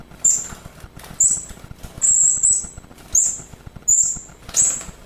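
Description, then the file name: Hanging parrot giving sharp, shrill high notes, about seven in five seconds, spaced fairly evenly with one pair, over soft low clicking background. "serindit"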